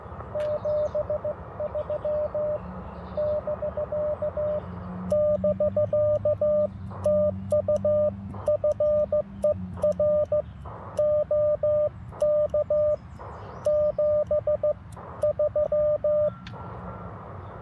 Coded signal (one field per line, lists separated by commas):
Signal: Morse code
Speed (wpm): 15 wpm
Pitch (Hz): 590 Hz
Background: radio noise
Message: 73 <BK> <BK> TU FER OK 73